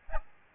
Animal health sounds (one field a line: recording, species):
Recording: mosquito wingbeat signal from an infrared sensor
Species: Aedes albopictus